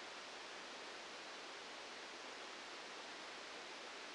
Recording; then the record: brain microelectrode recording played as sound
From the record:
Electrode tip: outside the subthalamic nucleus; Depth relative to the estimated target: -8 mm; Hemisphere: right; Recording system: NeuroSet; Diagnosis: Parkinson's disease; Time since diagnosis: 8 years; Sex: male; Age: 59 years